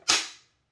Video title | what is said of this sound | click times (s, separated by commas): AICO SLOW MASTICATING JUICER _Kimondo Missy | gently sliding it back until i hear that click it means my juicer | 0.1 s